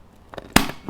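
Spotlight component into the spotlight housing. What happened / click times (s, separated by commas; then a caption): A spotlight part snapped into its housing / 0.6 s. A component of a restored boat navigation spotlight, with its drainage hole at the bottom, is pressed into the spotlight housing. A few faint ticks lead to one sharp, loud snap at 0.6 s, followed by a softer tick near 0.9 s. The part is seated, snapped into place.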